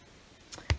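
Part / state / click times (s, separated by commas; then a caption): action figure head onto neck peg / seated / 0.7 s. After several tries, a plastic swap head is pushed onto the ball-jointed neck peg of a Marvel Legends Morlun action figure. A softer tick comes at about 0.5 s, then the head seats with a sharp click at 0.7 s.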